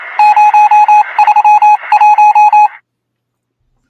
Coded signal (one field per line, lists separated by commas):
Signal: Morse code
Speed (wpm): 27 wpm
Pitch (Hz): 840 Hz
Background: none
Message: 031